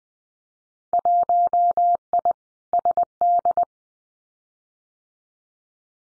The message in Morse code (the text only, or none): 1I SD